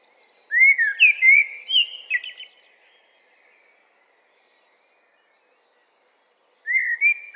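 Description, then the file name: Common blackbird singing one fluted, warbling phrase ending in a short twitter, then a pause of about four seconds before the next phrase begins. "Turdus merula"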